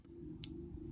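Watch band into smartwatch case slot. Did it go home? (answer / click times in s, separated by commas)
yes / 0.4 s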